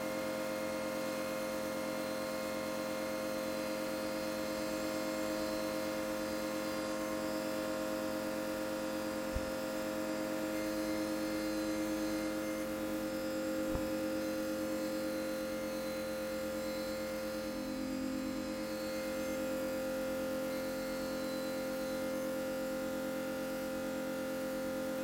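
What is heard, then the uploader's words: Electromagnetic signals picked up from an underground train in motion form a dense, steady drone of stacked electric tones, with a strong hum near 500 and a wavering low buzz beneath. Two sharp clicks cut through around nine and fourteen seconds. EM signals produced by a Northern Line tube train whilst travailing at rush hour between Elephant & Castle and Moorgate. The signals were captured with the use of an EM coil pick up.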